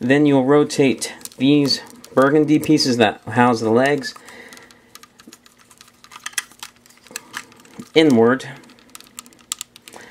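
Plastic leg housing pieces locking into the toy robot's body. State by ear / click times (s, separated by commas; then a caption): seated / 9.5 s. Someone talks while rotating the burgundy plastic pieces that house the legs inward on a Transformers Revenge of the Fallen Voyager Bludgeon toy robot during its transformation, with soft plastic clicks and handling noises. The leg housings snap into place against the robot's body with a sharp plastic click at 9.5 s.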